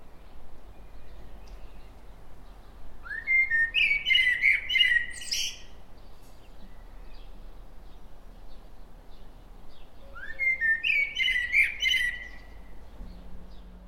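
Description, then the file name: Common blackbird singing two phrases about seven seconds apart, each a mellow whistled warble ending in thin high twittering notes. "Turdus merula"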